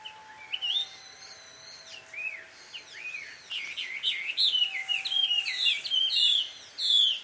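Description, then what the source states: Bird calls: a few long, thin whistled notes, then a string of quick, twittering chirps that grows busier and louder toward the end. A pair of birds quarrelling at dusk, recorded in Takao, Japan; field recording.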